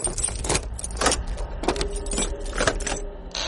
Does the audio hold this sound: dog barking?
no